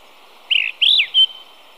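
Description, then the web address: Pale-eyed thrush giving three quick, high slurred whistles, the last a thin level note, over a faint steady hiss. Ecuador. "Natures Songs S America Birds of Ecuador Pale-eyed Thrush"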